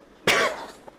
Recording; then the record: coughing mixed with background sound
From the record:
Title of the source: 31 night wet cough